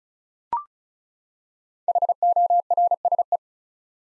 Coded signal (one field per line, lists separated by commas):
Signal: Morse code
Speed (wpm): 36 wpm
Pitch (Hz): 700 Hz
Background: none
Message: HORSE